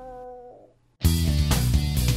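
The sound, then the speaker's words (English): A cat in heat lets out a long, steady, tonal yowl that fades away, then a loud, dense burst of sound fills the rest of the moment. “What is that sound? My cat's in heat. What? She wants to have kittens. She's calling for a mate.”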